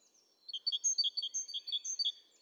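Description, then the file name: Great tit song: after a short quiet start, a rapid string of sharp, high, ringing notes in alternating pitches. "Parus major"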